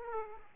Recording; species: mosquito wingbeat signal from an infrared sensor; Aedes aegypti